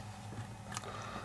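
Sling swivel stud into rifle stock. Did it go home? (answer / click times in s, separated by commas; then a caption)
no / none. A straight sling swivel stud is pushed into its hole in the stock of a Ruger American Rimfire .22 LR rifle. A low steady hum runs throughout, with one brief sharp sound at about 0.8 s. The stud has not clicked into place.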